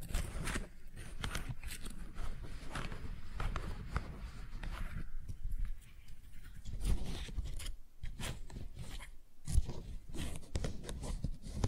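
Tingly flower sounds: crisp rustling and crackling as flowers are handled, made of many quick, irregular snaps and brushes with a soft low rumble underneath. The texture stays busy throughout, with brief quieter gaps near eight and nine seconds and a sharper crackle just after.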